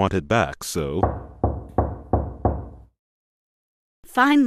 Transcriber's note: knock on door